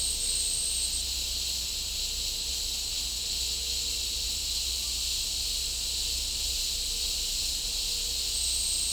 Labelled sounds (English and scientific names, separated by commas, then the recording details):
none
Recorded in dense forest near Puerto Asís, Putumayo, Colombia, on 16 December 2024 at 11:00
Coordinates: 0.499, -76.324
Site G045